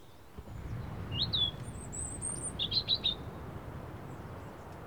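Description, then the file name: European robin giving short high chirps, a rising then falling note near one second and a thin whistle higher up, followed by a quick cluster of sharp notes; low rumbling background. Recorded 29 November 2015. "Erithacus rubecula 291115"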